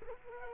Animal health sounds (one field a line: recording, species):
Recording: mosquito wingbeat signal from an infrared sensor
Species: Culex quinquefasciatus